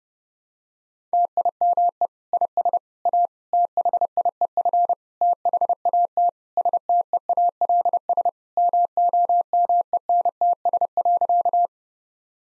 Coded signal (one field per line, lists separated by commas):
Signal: Morse code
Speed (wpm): 32 wpm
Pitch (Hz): 700 Hz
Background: none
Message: TIME IS A THIEF THAT STEALS MOMENTS.